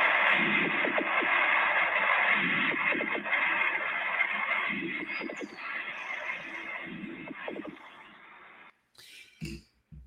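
Faint breath sounds over steady hiss, with short clusters of fine, dry velcro-type crackles about every two to three seconds, four cycles in all. These are the breath sounds of pulmonary fibrosis, made as stiff alveoli snap open, heard over the posterior chest, typically at the lung bases.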